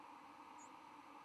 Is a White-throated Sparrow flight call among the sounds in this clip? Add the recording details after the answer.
no. Another species' flight call is heard. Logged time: 05:21 on 10 November 2014